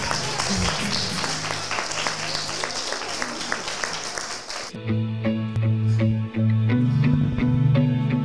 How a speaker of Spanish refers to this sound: Oye, un aplauso para el Feito, que ¿cómo se le ocurra?